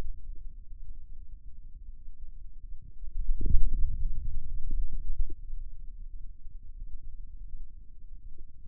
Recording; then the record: forearm muscle sounds (acoustic myography)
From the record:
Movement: radial deviation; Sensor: system 2, bracelet of six BSWA MPA416 microphones around the upper forearm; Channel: 3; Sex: male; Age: 22 years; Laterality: right